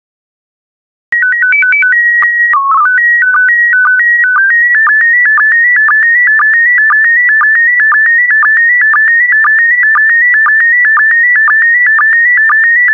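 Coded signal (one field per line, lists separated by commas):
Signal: SSTV (slow-scan television)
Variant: PD120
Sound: brief silence, chirpy header tones, then a warbling whistle with regular clicks twice per second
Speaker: complete. You can now check your decoded image against the picture that is shown on the video.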